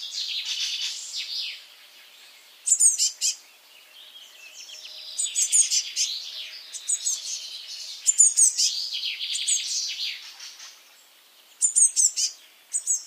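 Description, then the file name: Eurasian blue tit giving harsh buzzy churrs and scattered clusters of high, sharp, thin notes, with pauses of near quiet between bouts. "Cyanistes caeruleus"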